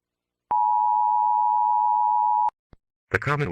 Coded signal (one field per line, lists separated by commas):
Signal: Emergency Alert System (SAME) tones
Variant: 853 and 960 Hz attention tone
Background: speech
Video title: New England EAS icbm missile attack